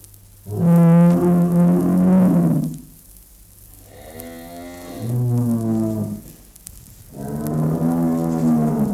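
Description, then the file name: Bull giving three deep, harmonic moos separated by short pauses. "Stier Sound Cloud Beeld en Geluid"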